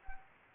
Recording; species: mosquito wingbeat signal from an infrared sensor; Anopheles gambiae